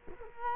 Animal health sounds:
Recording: mosquito wingbeat signal from an infrared sensor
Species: Culex quinquefasciatus

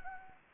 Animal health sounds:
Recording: mosquito wingbeat signal from an infrared sensor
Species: Anopheles gambiae

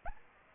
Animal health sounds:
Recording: mosquito wingbeat signal from an infrared sensor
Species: Anopheles arabiensis

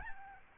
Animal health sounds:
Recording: mosquito wingbeat signal from an infrared sensor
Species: Aedes albopictus

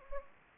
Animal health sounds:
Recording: mosquito wingbeat signal from an infrared sensor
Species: Anopheles gambiae

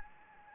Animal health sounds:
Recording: mosquito wingbeat signal from an infrared sensor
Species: Anopheles gambiae

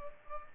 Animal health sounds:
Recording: mosquito wingbeat signal from an infrared sensor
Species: Culex pipiens

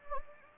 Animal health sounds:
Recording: mosquito wingbeat signal from an infrared sensor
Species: Anopheles gambiae

